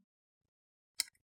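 In an Acer Aspire 3 A315-59-314H laptop, the metal retention clips of the SO-DIMM slot are pulled away from the RAM module. The module releases with a sharp click at 1.0 s, followed by a brief rattle, and pops up to a 45-degree angle.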